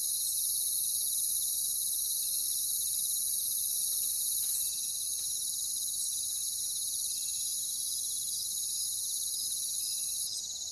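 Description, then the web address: Crickets trill in a thick, high continuous chorus that drops in loudness abruptly midway, then carries on evenly before a final change near the end. "WLL Grade 1-12 Pre-Uni Library Natures Songs Sleep Sounds of Nature CRICKETS Crickets"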